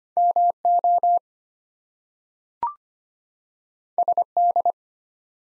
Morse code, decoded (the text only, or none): MO SD